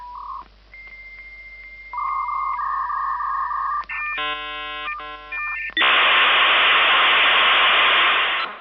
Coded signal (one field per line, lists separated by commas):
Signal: dial-up modem handshake